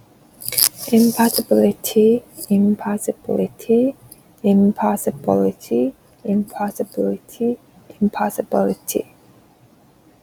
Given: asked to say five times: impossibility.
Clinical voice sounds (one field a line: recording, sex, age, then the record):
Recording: repeated word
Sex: female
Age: 20 to 29 years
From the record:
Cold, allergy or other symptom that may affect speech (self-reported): no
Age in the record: 29 years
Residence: Indiana, United States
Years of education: 16